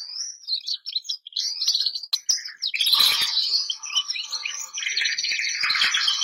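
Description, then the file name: Canary song, a lively continuous warble with rich trills and a buzzy, rolling passage in the second half, punctuated by sharp clicks. Bernois canary song. "canto do canario bernois"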